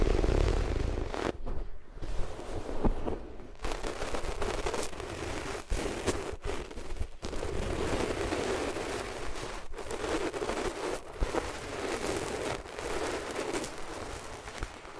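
Rubbing against the ears on different materials produces a dense, continuous scratchy rustle with a muffled low rumble underneath. Brief dropouts and sharp scraping bursts break it up every second or two, near 1.5, 2, 3.5, 6, 7, 10 and 11 seconds.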